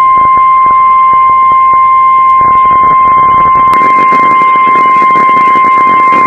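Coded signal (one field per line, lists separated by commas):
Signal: Emergency Alert System (SAME) tones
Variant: 1050 Hz attention tone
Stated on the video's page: Tornado Warning alert recorded over an internet stream.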